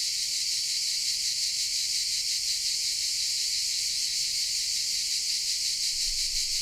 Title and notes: Cicale nel parco della Certosa. Registrazione all'ombra dei pini nel parco della Certosa di Padula. Principalmente biofonie prodotte da cicale e corvi